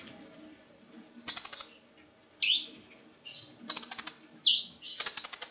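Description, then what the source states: Bird chirping: faint ticks, then a loud rattled burst, rising hooked notes and further stuttering bursts in irregular alternation. Described as a small bird.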